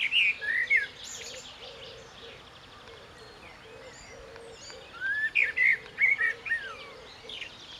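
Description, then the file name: Common blackbird with fluty chirps at the start and again after five seconds, over a soft, steadily repeated low pulsing sound. "Turdus merula"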